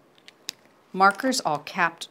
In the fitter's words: And you want to make sure they click.